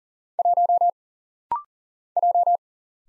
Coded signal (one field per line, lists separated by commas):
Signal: Morse code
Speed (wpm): 40 wpm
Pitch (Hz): 700 Hz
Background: none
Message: 1 J